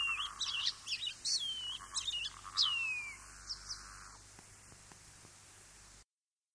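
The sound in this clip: Shining bronze cuckoo giving several high, clear whistled notes that slur downward, clustered in the first three seconds, then fading to quiet with faint ticks before the sound cuts off at about six seconds.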